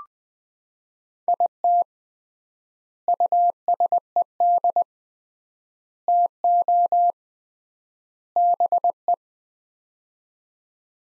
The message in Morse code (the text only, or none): IT USED TO BE